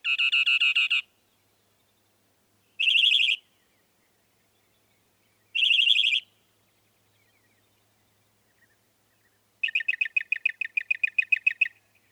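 Northern mockingbird giving three harsh, buzzy bursts with pauses between, then a rapid stuttering run of repeated notes.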